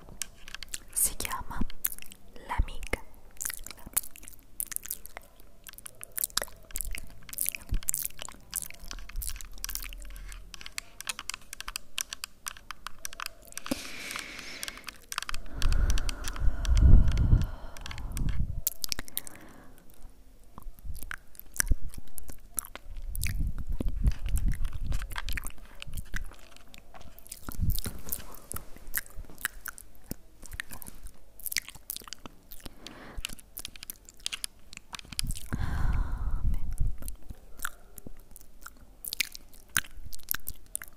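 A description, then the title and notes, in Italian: Relaxing mouth sounds: dense clicks and wet crunchy chewing throughout, with louder bursts of low rustling near 15, 24 and 36 seconds. ASMR mouth sounds triggers pulizia energetica. Mouth sounds rilassanti.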